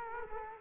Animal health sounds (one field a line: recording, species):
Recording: mosquito wingbeat signal from an infrared sensor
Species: Culex quinquefasciatus